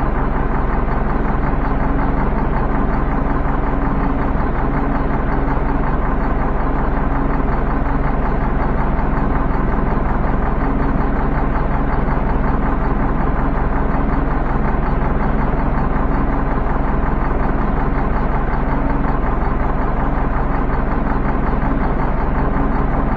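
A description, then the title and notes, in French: A truck engine runs steadily at idle, with a deep, even rumble and a constant low throb. The sound holds unchanged for the whole stretch, dense and rough, with no revving or other noises. Moteur de camion qui tourne.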